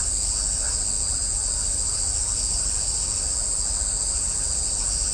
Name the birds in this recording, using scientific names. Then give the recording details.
none. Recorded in shrubland near Pivijay, Magdalena, Colombia, on 2 June 2023 at 19:30. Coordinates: 10.453, -74.365. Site P5-G022